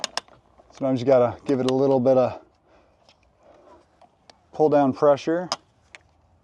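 A pop-up roof latch on a Four Wheel Camper Project M truck camper shell is handled while pull-down pressure is put on the roof, with someone talking over a few faint knocks and taps. Nothing has clicked or seated yet; the clip ends before the latch goes home.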